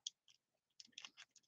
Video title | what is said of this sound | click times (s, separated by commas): What Is In My Electrical/Electronic Test Tool Box Live Stream #1 | This one's kind of interesting because it has a separate tool that's in the handle and it kind of just snaps in place like so. | 0.1 s